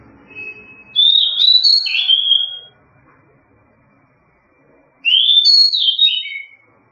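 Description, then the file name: Seychelles magpie-robin song of two loud whistled phrases, each rising then stepping down, separated by about two seconds of quiet. "Pticy - drozd shama soroka sejshelskaya"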